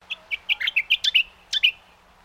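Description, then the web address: Brown honeyeater calling: a quick run of bright, chirpy notes, some slurred up and down, ending with two sharp emphatic notes after a short pause. "Sound Effects-Foundation 1 BIRD BROWN HONEY EATER CALL"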